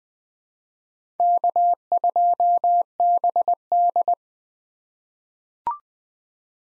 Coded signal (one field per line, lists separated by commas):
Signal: Morse code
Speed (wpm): 20 wpm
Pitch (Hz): 700 Hz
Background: none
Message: K2BD